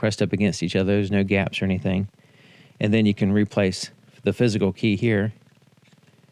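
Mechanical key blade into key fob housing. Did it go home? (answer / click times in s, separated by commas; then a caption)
no / none. Someone talks while handling a Kia key fob after replacing its battery, checking that the plastic housing seams sit flush and then bringing the metal emergency key blade back toward the plastic fob housing. Speech fills most of the clip with brief quiet gaps. The key has not seated or clicked into the fob yet.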